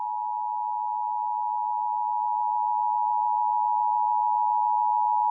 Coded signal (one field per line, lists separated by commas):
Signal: Emergency Alert System (SAME) tones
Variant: 853 and 960 Hz attention tone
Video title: 2023 National Periodic EAS Test - Local Radio Activation - 10/4/2023 2:20pm